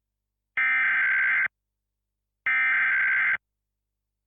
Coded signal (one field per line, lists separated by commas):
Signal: Emergency Alert System (SAME) tones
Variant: header bursts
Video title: EAS Scenario - "The Electrical Virus"